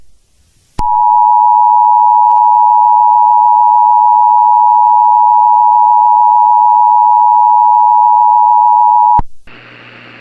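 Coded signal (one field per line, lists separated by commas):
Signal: Emergency Alert System (SAME) tones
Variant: 853 and 960 Hz attention tone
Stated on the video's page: Homemade EAS mocks, not real alerts.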